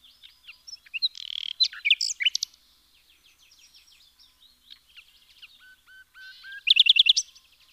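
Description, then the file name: Common nightingale song: varied phrases of chirps, buzzes and clicks, a run of soft plaintive whistles, then a loud rapid rattling burst. "Luscinia megarhynchos"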